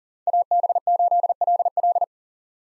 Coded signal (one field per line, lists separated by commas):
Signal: Morse code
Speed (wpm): 38 wpm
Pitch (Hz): 700 Hz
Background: none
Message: AB8LL